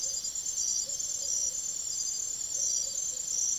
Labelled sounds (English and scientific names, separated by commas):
none